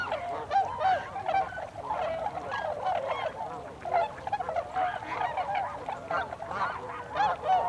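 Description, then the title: Tundra swan chorus, many birds giving mellow bugling hoots that overlap continuously. Several tundra swans, recorded on 26 December 2020. "2020-12-26-Tundra-Swans"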